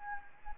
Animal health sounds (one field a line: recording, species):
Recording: mosquito wingbeat signal from an infrared sensor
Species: Anopheles gambiae